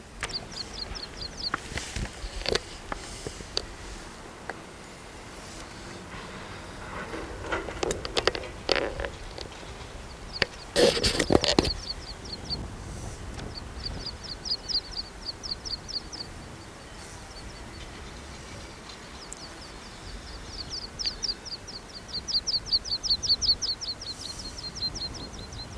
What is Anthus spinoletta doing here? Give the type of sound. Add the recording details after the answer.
call. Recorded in the wild. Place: Grindelwald, Bern, CH. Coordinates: 46.6306, 8.05389. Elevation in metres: 1155. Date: 1979-06-09. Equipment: Uher 4000 Report, Sennheiser MKH 815 T. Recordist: Tretzel, Erwin